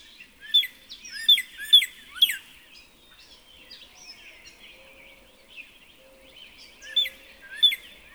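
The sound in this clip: Northern cardinal song: a few sharp, bright slurred notes in a quick burst, a quiet gap, then two more slurred notes, with other faint birdsong behind.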